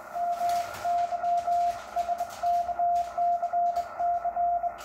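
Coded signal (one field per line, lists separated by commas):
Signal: Morse code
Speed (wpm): 22 wpm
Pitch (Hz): 700 Hz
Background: none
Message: MY SKCC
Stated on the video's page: Sent on a bug.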